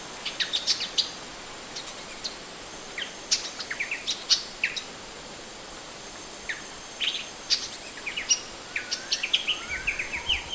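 Golden monarch calls: short, sharp upslurred notes in scattered bursts, some quick rising slurs, over a steady high insect hum.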